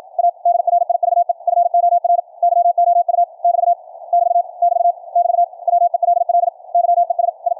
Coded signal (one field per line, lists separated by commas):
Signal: Morse code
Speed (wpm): 53 wpm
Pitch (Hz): 700 Hz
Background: none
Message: A DRIVE FOR YOU <BT> <BT> <BT> <BT> WELL YES I